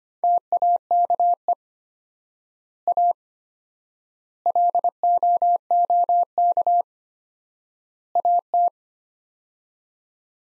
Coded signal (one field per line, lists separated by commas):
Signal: Morse code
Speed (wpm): 25 wpm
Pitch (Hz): 700 Hz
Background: none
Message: TAKE A LOOK AT